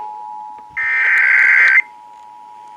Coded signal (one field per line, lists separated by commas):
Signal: Emergency Alert System (SAME) tones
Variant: header bursts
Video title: Oregon's RMT (EAS #3648-3652)